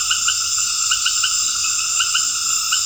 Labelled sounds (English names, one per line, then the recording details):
none
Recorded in dense forest near Puerto Asís, Putumayo, Colombia, on 9 March 2025 at 19:00
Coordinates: 0.484, -76.325
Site G045